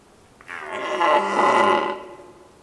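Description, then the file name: Red deer roar, a single hoarse harmonic-rich bellow of about one and a half seconds over quiet background. Hill Volovec, Slovakia. "Cervus Elaphus Slovakia hill Volovec"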